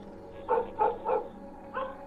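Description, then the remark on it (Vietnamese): A dog chained at the front door barks fiercely at about half past nine at night, in short, jerky bursts: three sharp barks in quick succession, a pause, then two more, harsh and mid-pitched with no other voices. “Con chó nó sủa dữ lắm, tiếng cứ giật giật, nhát gừng.”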